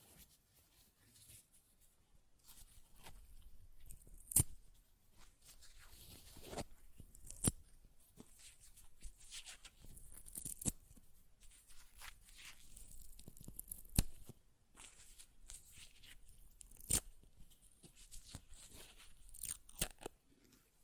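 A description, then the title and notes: Paper is ripped and torn in short, uneven bursts, each a dry crackling rasp that reaches into the bright upper range. Sharper snaps stand out near 4, 7.5, 10.5, 14 and 17 seconds, with quieter rustling and brief pauses between them. ASMR Paper Ripping Tearing Sounds (No Talking).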